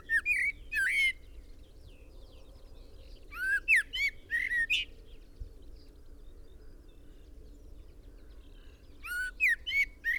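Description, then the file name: Common blackbird sending out three bursts of fast squeaky slurred notes separated by pauses, with a low hum throughout. "Turdus merula"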